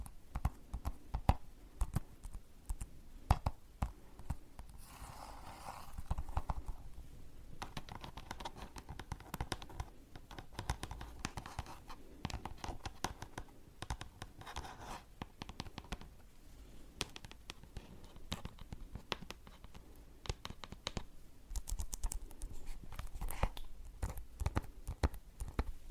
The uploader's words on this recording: Tapping. In dieser Folge tippe ich für pure Entspannung, auf verschiedenen Gegenständen.